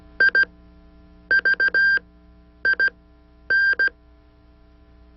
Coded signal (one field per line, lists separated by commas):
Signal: Morse code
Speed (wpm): 17 wpm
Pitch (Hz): 1600 Hz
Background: none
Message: IVIN